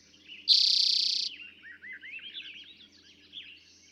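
Eastern towhee giving a single loud, rapid buzzy trill, followed by a tangle of chirping and twittering from other birds.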